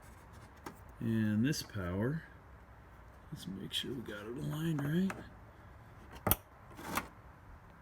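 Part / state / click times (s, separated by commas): wiring harness power connector into tail light assembly socket / seated / 6.3 s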